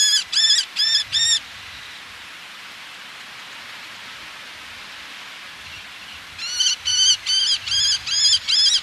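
Eleonora's falcon calls, four sharp rasping notes in quick succession, several seconds of quiet, then a longer regular series of the same grating notes.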